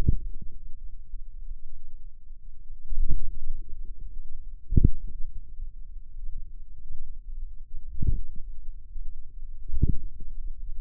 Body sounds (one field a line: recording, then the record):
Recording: forearm muscle sounds (acoustic myography)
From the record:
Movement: inward rotation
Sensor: system 2, bracelet of six BSWA MPA416 microphones around the upper forearm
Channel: 5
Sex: female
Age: 23 years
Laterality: right